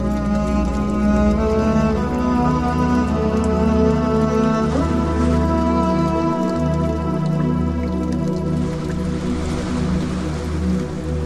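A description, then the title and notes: A gentle melody of sustained, layered tones plays over soft dripping water at a steady, even loudness. Low notes hold underneath while brighter tones shift slowly above. Past the eight-second mark a light watery hiss grows more noticeable behind the music. Water flow with beautiful melody.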